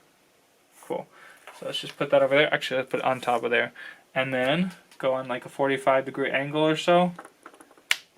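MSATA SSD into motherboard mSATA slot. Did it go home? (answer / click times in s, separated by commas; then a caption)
yes / 7.9 s. An mSATA SSD is inserted into its motherboard mSATA slot at about a 45 degree angle and pushed home while someone talks. Two faint ticks at about 7.5 s and 7.6 s lead to a sharp, loud click at 7.9 s as the drive seats.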